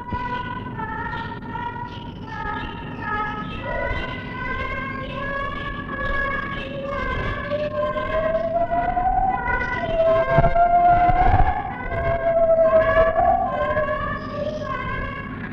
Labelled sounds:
Lar Gibbon (Hylobates lar)
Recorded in captivity
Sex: female
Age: adult
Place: Tierpark Berlin, Berlin, DE
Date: 1963-07-01
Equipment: englisches Reportergerät, Kopie BG 26/1
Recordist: Altmann, Dagmar

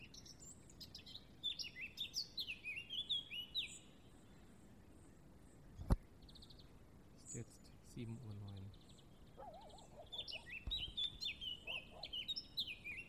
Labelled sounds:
Eurasian Blackcap (Sylvia atricapilla) song
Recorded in the wild
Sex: male
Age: adult
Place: Tiuccia, Corsica, FR
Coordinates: 42.0761, 8.74361
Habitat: macchia
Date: 2011-07-14
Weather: sunny, 20°C, weak wind
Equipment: Zoom H2, rear micophones
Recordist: Frommolt, Karl-Heinz

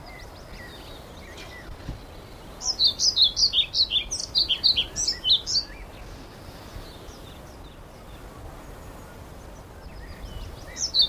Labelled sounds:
European Pied Flycatcher (Ficedula hypoleuca) song
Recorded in the wild
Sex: male
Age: adult
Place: Mühlenbecker Land, OT Summt, Brandenburg, DE
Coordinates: 52.6931, 13.3619
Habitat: garden
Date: 1988-04-30 12:50
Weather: sunny, 16-20°C
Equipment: Nagra SN, Kopie Tesla B 116
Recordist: Tembrock, Günter
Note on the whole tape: Summt (Grundstück). Gesang

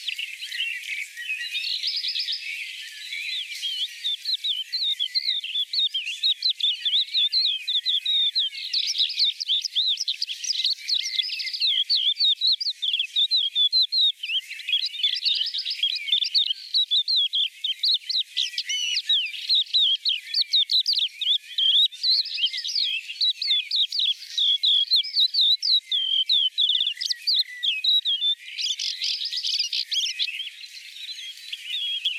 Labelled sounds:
Crested Lark (Galerida cristata) song
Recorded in the wild
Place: Breisach im Breisgau, Baden-Württemberg, DE
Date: 1986-05-25
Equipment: Uher Report Monitor
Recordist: Schwarz, Dieter
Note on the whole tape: Song

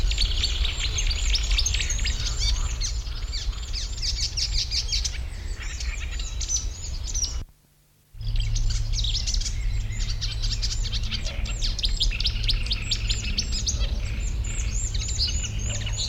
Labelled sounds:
Marsh Warbler (Acrocephalus palustris)
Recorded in the wild
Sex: male
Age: adult
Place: Blankenfelde, Berlin, DE
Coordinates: 52.332, 13.421
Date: 1993-05-30
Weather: heiter, 18-21°C
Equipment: Marantz CP 430, Sennheiser ME 80, Kopie Uher Variocord 263
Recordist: Tembrock, Günter

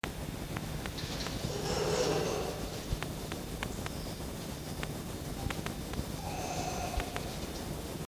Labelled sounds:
Red Fox (Vulpes vulpes)
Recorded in captivity
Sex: male
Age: adult
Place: Zoologisches Institut der HUB, Berlin, DE
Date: 1953-04-15 18:30
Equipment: Elmetra
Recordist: Tembrock, Günter
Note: Jupp (neben Fleisch stehend): Muffen mit Winsellaut (LRW?)

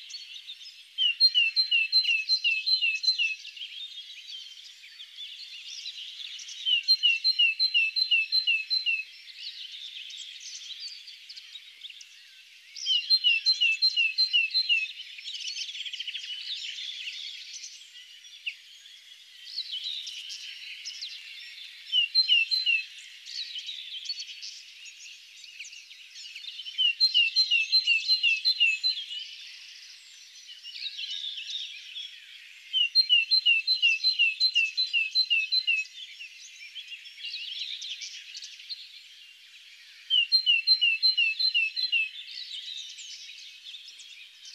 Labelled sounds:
Great Tit (Parus major) song
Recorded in the wild
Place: Lilienhof / Kaiserstuhl, Baden-Württemberg, DE
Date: 2008-05-03
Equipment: MiniDisc Sharp MT 20 H
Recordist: Schwarz, Dieter
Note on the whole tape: Song

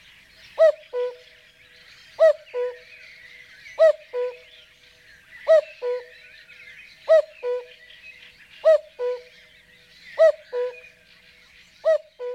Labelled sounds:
Common Cuckoo (Cuculus canorus) song
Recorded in the wild
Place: Kaiserstuhl, Baden-Württemberg, DE
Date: 1981-05-23
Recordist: Schwarz, Dieter
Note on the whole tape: Song

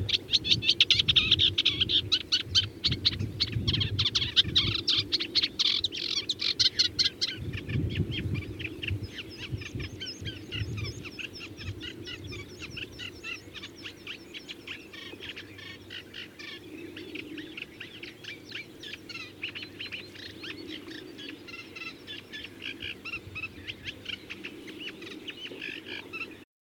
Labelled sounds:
Eurasian Reed Warbler (Acrocephalus scirpaceus) song
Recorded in the wild
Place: Anklam, Mecklenburg-Vorpommern, DE
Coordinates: 53.812, 13.861
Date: 1980-05-26
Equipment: Nagra III BH, Sennheiser MD 21, parabola
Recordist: Schubert, Michael
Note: Gesang Teichrohrsänger, Wind

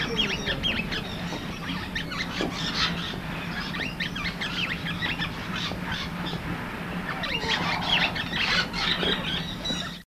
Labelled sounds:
Australian Ringneck (Barnardius zonarius) call
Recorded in captivity
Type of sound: call
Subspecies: macgilliivrayi
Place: Vogelpark Walsrode, Niedersachsen, DE
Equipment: Halbspur, 9,5 cm/s
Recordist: Lütgens, Hans

